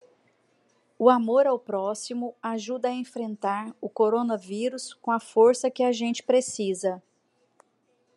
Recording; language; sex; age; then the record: spoken sentence; Brazilian Portuguese; female; 40 to 49 years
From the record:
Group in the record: control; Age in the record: 48 years